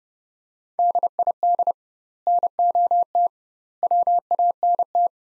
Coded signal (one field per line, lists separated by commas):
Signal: Morse code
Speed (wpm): 32 wpm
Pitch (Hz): 700 Hz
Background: none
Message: DID NOT WANT